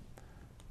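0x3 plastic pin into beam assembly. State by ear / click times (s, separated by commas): seated / 0.2 s, 0.6 s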